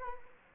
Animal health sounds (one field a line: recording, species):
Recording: mosquito wingbeat signal from an infrared sensor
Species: Culex quinquefasciatus